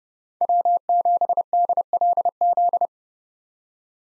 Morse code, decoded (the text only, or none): W7DLZ